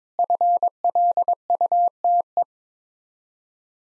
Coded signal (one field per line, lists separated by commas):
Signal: Morse code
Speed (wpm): 22 wpm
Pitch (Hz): 700 Hz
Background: none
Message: FLUTE